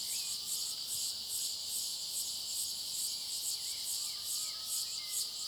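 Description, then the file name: Cicada: a dense, thin, high cicada buzz runs unbroken throughout, with a few faint bird chirps and a soft whistle near the end. Cicadas in a clearing; high-pitched thin sound; a bird also present. "Cigarras na clareira som agudo fino passaro e cachorro longe"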